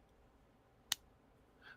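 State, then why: Seated. The fold-out kickstand on a Spigen polycarbonate/TPU case for a Samsung Galaxy S23 Ultra is pressed back into its recess in the case back. It gives a single sharp, bright snap at 0.9 s over quiet background noise, followed by a faint higher-pitched sound near the end. The kickstand snaps closed with a good, firm snap.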